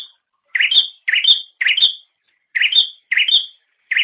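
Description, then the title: Bird giving quick repeated chirps, each a short burst sliding up into a high clear whistle, with brief silences between. "kikicau"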